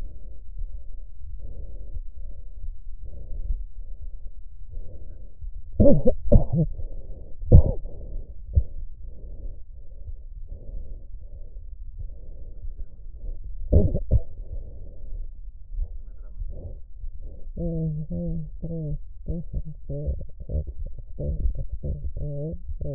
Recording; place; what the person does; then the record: lung sounds by stethoscope; left posterior apical chest; quiet breathing, then cough and speech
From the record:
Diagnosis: interstitial lung disease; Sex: female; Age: 68 years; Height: 152 cm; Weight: 76 kg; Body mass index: 32.9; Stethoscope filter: extended mode